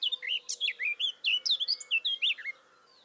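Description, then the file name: Eurasian blackcap warbling song of quick, mixed chattering and clear whistled notes lasting about two and a half seconds, then stopping. "Sylvia atricapilla"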